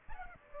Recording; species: mosquito wingbeat signal from an infrared sensor; Aedes aegypti